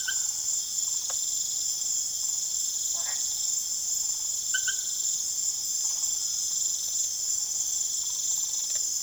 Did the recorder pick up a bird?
no